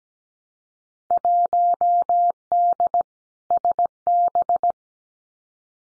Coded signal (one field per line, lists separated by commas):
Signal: Morse code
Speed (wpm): 17 wpm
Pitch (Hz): 700 Hz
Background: none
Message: 1D SB